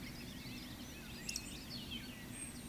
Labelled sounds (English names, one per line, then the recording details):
Eurasian Woodcock whistle
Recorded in Baden-Württemberg, Germany, on 14 May 2021 at 18:59 UTC
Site 25175, 602 m above sea level